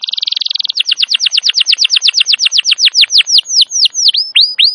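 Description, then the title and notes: Canary song starting with a quick buzzy trill, then a long string of downslurred whistles gradually slowing and spreading apart. Wild canary song used as a master recording to lure or train canaries; described as a long, highly active singer. "Pikat Kenari GACOR PANJANG INI Cocok Untuk Masteran KENARI LIAR. Masteran burung kenari gacor parah"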